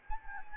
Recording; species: mosquito wingbeat signal from an infrared sensor; Anopheles arabiensis